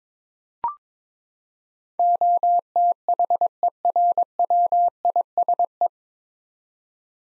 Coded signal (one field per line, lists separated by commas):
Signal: Morse code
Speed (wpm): 22 wpm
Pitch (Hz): 700 Hz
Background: none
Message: OTHERWISE